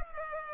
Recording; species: mosquito wingbeat signal from an infrared sensor; Culex pipiens